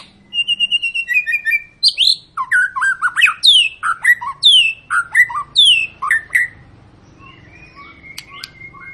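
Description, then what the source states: White-rumped shama song, a run of bright whistled and slurred notes rising and falling, delivered in quick succession and ending in a trailing high note. Long lure song (pancingan) of an actively singing (gacor) white-rumped shama, intended to prompt other birds to sing.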